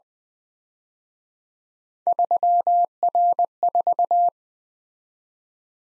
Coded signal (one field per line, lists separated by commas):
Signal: Morse code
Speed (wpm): 23 wpm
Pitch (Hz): 700 Hz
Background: none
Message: 3R4